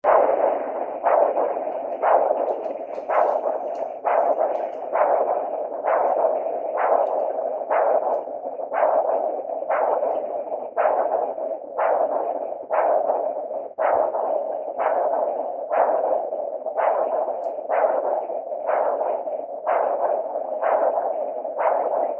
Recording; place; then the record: Doppler ultrasound of blood flow; carotid artery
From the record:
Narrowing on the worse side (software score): occlusion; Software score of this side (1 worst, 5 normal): 5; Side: right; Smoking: never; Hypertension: no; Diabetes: no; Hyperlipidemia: no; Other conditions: hemodynamic failure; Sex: male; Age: 22 years